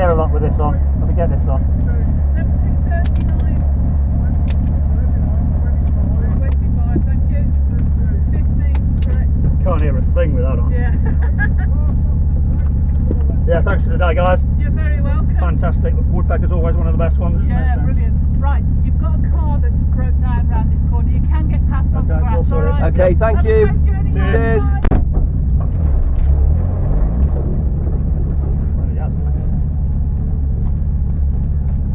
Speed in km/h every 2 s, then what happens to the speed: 0, 0, 0, 0, 0, 0, 0, 0, 0, 0, 0, 0, 0, 6, 10, 6.
0-25 standing. 25-27 pulls away to 10.